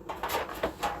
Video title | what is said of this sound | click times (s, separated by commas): First Batch Checkmate A1500 Shipped please watch this if a customer | Get the lid, pull it back until it clicks. | 0.1 s